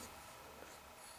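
A Lion Steel SR-1 folding knife with a titanium framelock and Damascus blade is handled as the blade is opened again, just before the titanium lock bar engages the blade tang. Only a steady, faint broadband hiss is heard. Nothing has seated or clicked yet.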